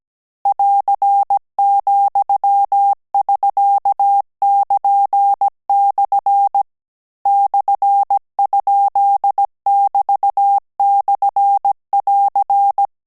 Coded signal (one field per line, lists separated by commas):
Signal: Morse code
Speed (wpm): 17 wpm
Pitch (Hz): 800 Hz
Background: none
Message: <AR>,<SK><KN>/ /?<BT>/<AR>